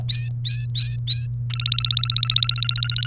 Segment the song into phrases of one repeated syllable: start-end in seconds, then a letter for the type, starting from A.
0.00-1.27 A, 1.50-3.06 B